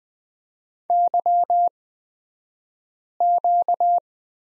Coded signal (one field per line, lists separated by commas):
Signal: Morse code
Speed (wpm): 20 wpm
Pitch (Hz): 700 Hz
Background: none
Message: YQ